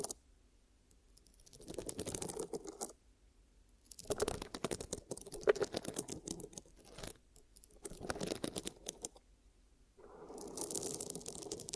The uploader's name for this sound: ASMR 10 Ear Cupping Triggers